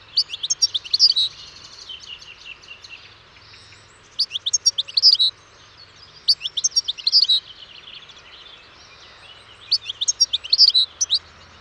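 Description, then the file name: European goldfinch song: four bursts of rapid, liquid twittering, the first longest, separated by pauses. "Carduelis carduelis"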